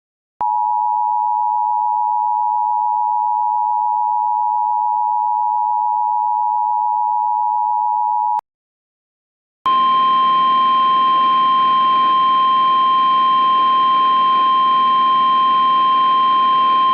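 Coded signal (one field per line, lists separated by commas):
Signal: Emergency Alert System (SAME) tones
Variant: 853 and 960 Hz attention tone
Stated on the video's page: Simulated tornado alert made with EASyKIT software.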